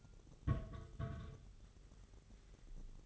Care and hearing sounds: daily activity, microphone in the room; place on stove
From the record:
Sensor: 4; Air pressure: 989.0 hPa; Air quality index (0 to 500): 209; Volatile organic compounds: 57 ppm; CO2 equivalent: 3385 ppm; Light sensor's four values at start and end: 29/98/36/38 and 29/98/36/38

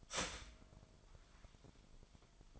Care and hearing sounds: daily activity, microphone in the room; start toaster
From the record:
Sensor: 5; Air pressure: 1002.1 hPa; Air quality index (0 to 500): 209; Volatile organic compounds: 20 ppm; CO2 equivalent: 2701 ppm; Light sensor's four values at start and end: 33/109/41/44 and 33/108/41/44

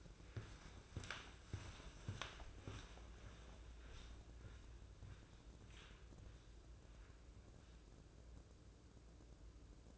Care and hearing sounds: daily activity, microphone in the room; walk to room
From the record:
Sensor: 2

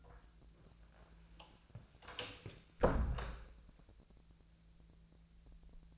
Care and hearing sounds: daily activity, microphone in the room; close door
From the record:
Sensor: 2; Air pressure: 1000.2 hPa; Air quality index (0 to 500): 166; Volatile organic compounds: 3 ppm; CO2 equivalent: 1378 ppm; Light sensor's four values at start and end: 11/25/11/11 and 11/25/11/11

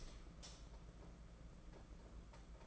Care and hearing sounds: daily activity, microphone in the room; light on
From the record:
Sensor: 5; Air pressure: 992.1 hPa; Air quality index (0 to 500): 207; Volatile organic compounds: 1000 ppm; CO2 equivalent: 6005 ppm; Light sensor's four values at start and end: 8/18/7/8 and 8/20/8/9

